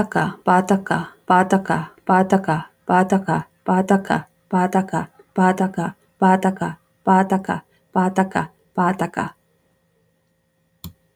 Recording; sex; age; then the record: repeated syllables /pa ta ka/; female; 40 to 49 years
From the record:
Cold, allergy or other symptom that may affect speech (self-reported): no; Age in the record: 45 years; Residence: North Dakota, United States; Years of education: 14